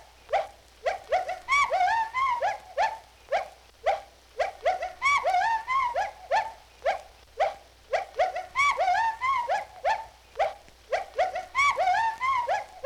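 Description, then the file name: Repeated gibbon hooting, bright short whoops rising in pitch, broken by several bouts of long quavering, wavering hoots, the cycle recurring throughout. "G 12-23-Gibbons Hooting"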